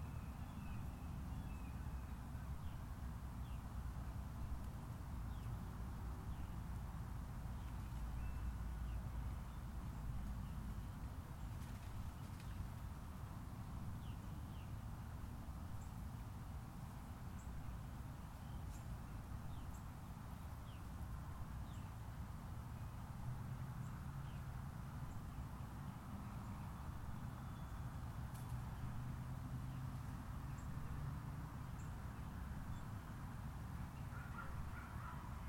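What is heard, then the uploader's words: Outdoor ambience at a golf course, with a steady, dense low rumble like traffic or wind running the whole time. Faint bird chirps and small clicks come and go, and a soft mid-range hum sits in the background. Golf Course, Palm Harbor FL.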